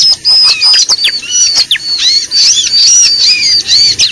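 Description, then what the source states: Bar-winged prinia giving clear, high whistled notes, some flat and some arching, repeated rapidly with sharp clicks and chips between them. Lure call used for trapping (pikat).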